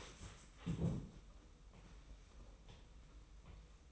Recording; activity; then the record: daily activity, microphone in the room; stand up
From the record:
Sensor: 1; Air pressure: 990.5 hPa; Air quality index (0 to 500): 154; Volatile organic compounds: 1000 ppm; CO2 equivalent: 5602 ppm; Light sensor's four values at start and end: 29/67/29/31 and 29/67/29/31